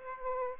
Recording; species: mosquito wingbeat signal from an infrared sensor; Aedes aegypti